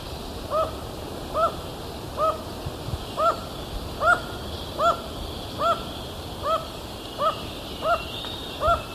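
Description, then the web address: Black-mandibled toucan uttering eleven evenly spaced, down-curved yelping notes, a little under a second apart, against soft steady background noise. Ecuador, South America. "Birds of Ecuador. Black-mandibled Toucan"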